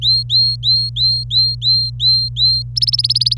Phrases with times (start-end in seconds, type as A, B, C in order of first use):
0.02-2.62 A, 2.76-3.34 B